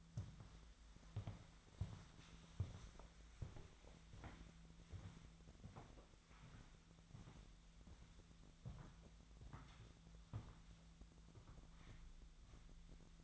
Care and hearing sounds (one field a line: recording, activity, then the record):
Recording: daily activity, microphone in the room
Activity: walk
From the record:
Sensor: 3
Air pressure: 1008.4 hPa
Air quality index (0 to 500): 191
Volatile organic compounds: 14 ppm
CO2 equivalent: 2457 ppm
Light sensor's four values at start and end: 20/48/20/21 and 20/48/20/21